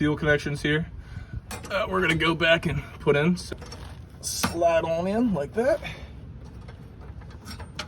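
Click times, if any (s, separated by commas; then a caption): 7.8 s. A fuel line quick-connect fitting is slid onto the outlet nipple of a Walbro 470 fuel pump module while someone talks, with light handling noises between phrases. The fitting snaps into place with a sharp click at 7.8 s and locks, seated.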